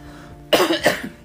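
Two quick, harsh coughs in close succession from an adult man with a sore throat, in a quiet room.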